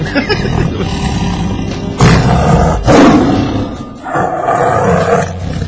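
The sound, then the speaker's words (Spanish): A tiger roars loudly in several deep, rough bursts, each a raspy growl that swells and fades, with a steady low rumble filling the gaps between them. “Bien pinches jodidos los tigres, por cierto.”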